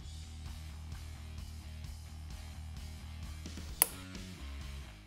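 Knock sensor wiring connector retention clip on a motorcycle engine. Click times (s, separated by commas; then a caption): 3.8 s. The gray plastic retention clip on the knock sensor wiring connector of a Harley-Davidson Milwaukee-Eight motorcycle engine is pushed up out of its locked position so the connector can be removed. Over steady background music, one sharp click sounds at 3.8 s as the clip snaps to unlocked, releasing the connector.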